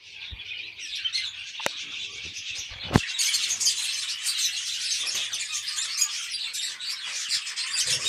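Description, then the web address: Lovebirds calling in a steady stream of shrill, overlapping chirps, with a few sharp knocks or clicks early on. "nerazlucniki-fiseramaskovye agapornis-fischeri"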